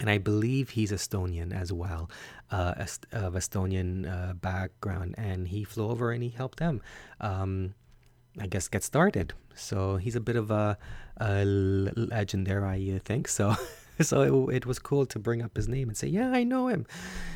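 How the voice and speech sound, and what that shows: An adult man speaks in a low, fairly steady voice with frequent 'uh' and 'um' fillers, whole-word repetitions ('a, a', 'it, it') and a second-long silent pause before 'legend': mild stuttering blocks amid otherwise fluent speech.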